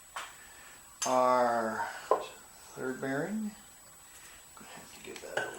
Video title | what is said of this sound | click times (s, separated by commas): VW Beetle engine part 3 | get her to click into place. There she goes. | 0.2 s